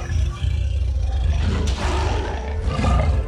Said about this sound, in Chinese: 哈卡身边的地狱犬也都随着主人的咆哮发出阵阵怒吼